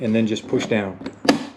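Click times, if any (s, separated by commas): 1.3 s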